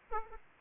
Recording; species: mosquito wingbeat signal from an infrared sensor; Aedes aegypti